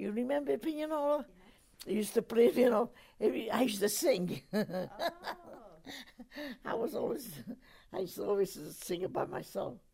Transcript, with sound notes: You remember the pianola? They used to play, you know, maybe, I used to sing. ( she laughs )
Oh!
I was always, I used to always sing about myself.